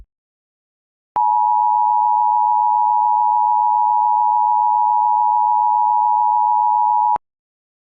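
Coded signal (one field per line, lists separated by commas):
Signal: Emergency Alert System (SAME) tones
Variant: 853 and 960 Hz attention tone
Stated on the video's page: Tornado alert in a fictional EAS scenario.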